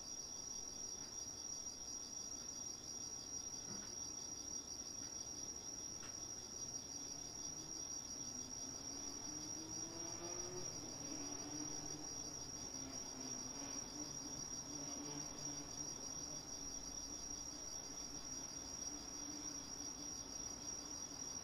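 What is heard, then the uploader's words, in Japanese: Autumn insects chirr steadily through a night garden, a dense, bright trilling that holds without pause for the whole clip. Underneath, a low rumble rises and fades between about eight and sixteen seconds, like a train passing. これは秋虫？夜の庭の音。少しずつですが確実に秋の気配を感じます。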